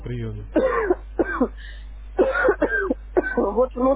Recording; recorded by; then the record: voluntary cough; telephone call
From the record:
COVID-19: positive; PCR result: checked with the laboratory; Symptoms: yes